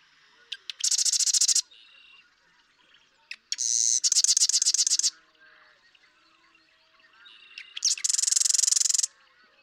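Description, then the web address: Marsh Wren song: ticks lead into a harsh, fast rattle, repeated three times over several seconds, with soft chattering in the pauses. "birdsongforthecurious Marsh Wren"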